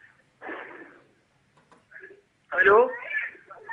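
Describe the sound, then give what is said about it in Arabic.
A television plays in the background of a caller's international telephone call, its muffled, narrow-band voices coming in short uneven bursts, with a louder, fuller stretch of speech near the end. “اسمعني من التليفون واخفض صوت التلفزيون لو سمحت.”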